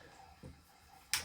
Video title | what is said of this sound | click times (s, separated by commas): AEA Challenger PCP .25 Bullpup Unboxing. Cattleman T2 & ADE scope first impressions. EP #1 | positive click when it locks back on too really nice quality is good | 1.1 s